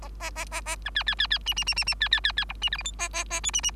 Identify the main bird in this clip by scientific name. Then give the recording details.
Lonchura striata domestica. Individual Bird3